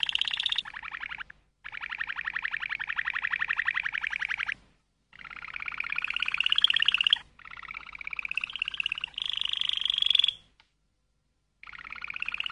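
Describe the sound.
Canary song of several separate rolling trills, each a quick stream of repeated notes, some rising slightly in pitch, divided by short silences.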